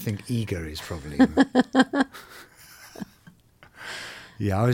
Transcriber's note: laughter